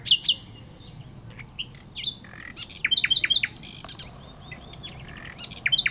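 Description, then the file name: Common nightingale singing loud, varied phrases of sharp repeated notes and whistles, broken by short pauses. "Luscinia megarhynchos"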